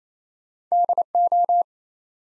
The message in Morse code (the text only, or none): DO